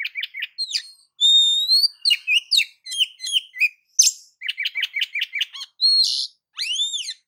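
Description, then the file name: Oriental magpie-robin song packed with rapid chirps, long pure whistles, trilled runs and a final arched whistle, delivered almost without pause. "Suara-Kacer-Versi-7"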